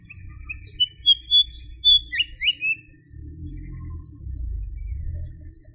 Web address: White-spotted Fantail